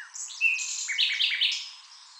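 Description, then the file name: Common nightingale song: a rapid series of varied whistles and slurred notes jumping between high and mid pitch. "Luscinia megarhynchos"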